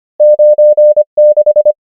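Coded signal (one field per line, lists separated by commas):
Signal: Morse code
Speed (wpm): 25 wpm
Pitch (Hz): 600 Hz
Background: none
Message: 9 6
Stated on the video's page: Morse code practice of numbers, 25 wpm character speed with 24 wpm effective word speed (Farnsworth spacing).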